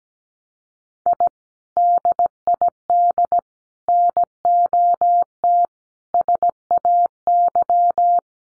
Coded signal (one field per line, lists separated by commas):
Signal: Morse code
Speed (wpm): 17 wpm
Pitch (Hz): 700 Hz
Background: none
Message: I DID NOT SAY